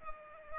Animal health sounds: mosquito wingbeat signal from an infrared sensor; Culex pipiens

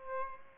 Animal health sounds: mosquito wingbeat signal from an infrared sensor; Aedes albopictus

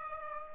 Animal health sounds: mosquito wingbeat signal from an infrared sensor; Aedes aegypti

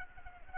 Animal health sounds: mosquito wingbeat signal from an infrared sensor; Aedes albopictus

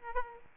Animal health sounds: mosquito wingbeat signal from an infrared sensor; Aedes aegypti

